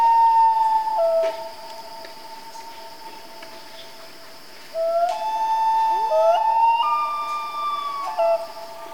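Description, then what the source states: Common loon wails: long, steady mournful tones, the first fading after about a second, then a second wail stepping upward in pitch and holding for several seconds. Family group of loons, described as Canadian.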